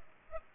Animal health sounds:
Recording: mosquito wingbeat signal from an infrared sensor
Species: Culex pipiens

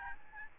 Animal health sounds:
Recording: mosquito wingbeat signal from an infrared sensor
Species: Aedes albopictus

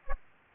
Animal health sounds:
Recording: mosquito wingbeat signal from an infrared sensor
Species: Aedes aegypti

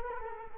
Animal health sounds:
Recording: mosquito wingbeat signal from an infrared sensor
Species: Culex quinquefasciatus

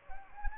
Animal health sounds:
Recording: mosquito wingbeat signal from an infrared sensor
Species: Anopheles gambiae

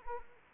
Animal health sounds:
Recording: mosquito wingbeat signal from an infrared sensor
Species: Anopheles arabiensis

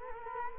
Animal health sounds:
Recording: mosquito wingbeat signal from an infrared sensor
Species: Culex quinquefasciatus

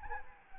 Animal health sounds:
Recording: mosquito wingbeat signal from an infrared sensor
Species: Anopheles arabiensis

